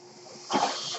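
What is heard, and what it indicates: A home mechanical ventilator breath: a soft breathy hiss of airflow that swells suddenly about halfway through, heard during a pause in speech.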